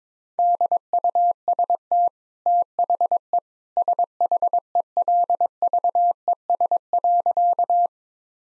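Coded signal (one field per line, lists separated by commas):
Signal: Morse code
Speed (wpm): 22 wpm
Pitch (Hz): 700 Hz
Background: none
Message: DUST THE SHELVES.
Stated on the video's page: Morse code practice sentences at 22 WPM with contextual hints.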